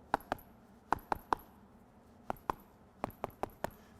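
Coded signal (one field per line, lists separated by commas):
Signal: tap code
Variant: Vietnam POW tap code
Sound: crisp knocks in groups of 2, 3, 2 and 4, with short pauses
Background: small quiet room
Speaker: So if I want to tap hi to somebody, that's second row, third column, second row, fourth column, H, I. So I go,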